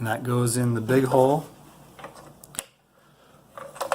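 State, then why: Seated. Someone talks as a switch wire terminal is pressed into the big hole of a Ford Excursion/Expedition dome light housing, followed by faint handling ticks. The terminal is slid sideways to lock and clicks into place at 3.9 s, seating it in the housing.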